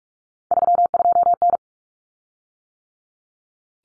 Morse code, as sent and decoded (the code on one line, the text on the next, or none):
...-- ..--- -.
32N